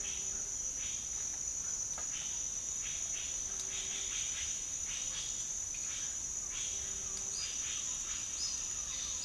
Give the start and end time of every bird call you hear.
[0.00, 1.19] bird call
[2.09, 9.25] bird call

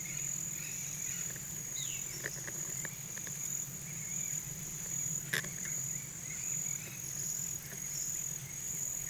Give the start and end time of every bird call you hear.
[1.60, 2.17] bird call

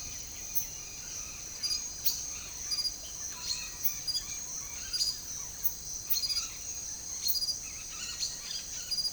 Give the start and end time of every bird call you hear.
[0.00, 4.95] bird call
[6.06, 6.54] bird call
[7.54, 9.12] bird call

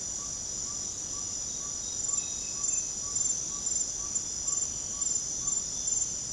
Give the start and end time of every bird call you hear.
[0.12, 5.61] bird call

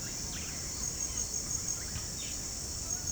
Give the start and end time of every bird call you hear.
[0.25, 2.39] bird call

